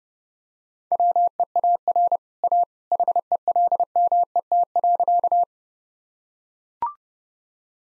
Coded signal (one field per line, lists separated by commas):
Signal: Morse code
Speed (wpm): 30 wpm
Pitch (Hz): 700 Hz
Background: none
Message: WEAR A HELMET.